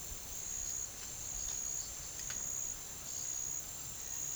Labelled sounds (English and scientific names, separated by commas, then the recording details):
none
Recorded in pastures near Puerto Asís, Putumayo, Colombia, on 4 March 2025 at 09:00
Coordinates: 0.487, -76.322
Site G077